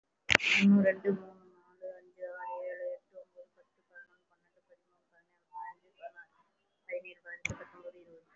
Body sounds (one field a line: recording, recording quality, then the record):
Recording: counting at a fast pace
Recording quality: moderate, slight background noise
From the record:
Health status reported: respiratory illness, not identified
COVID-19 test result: not tested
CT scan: not taken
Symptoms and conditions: breathing difficulty, another respiratory illness, hypertension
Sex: female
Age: 61 years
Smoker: no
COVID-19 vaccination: none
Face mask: worn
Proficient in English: no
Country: India